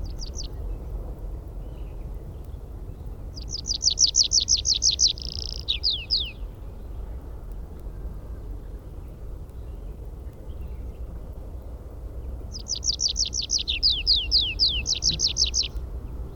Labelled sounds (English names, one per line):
Tree Pipit flight song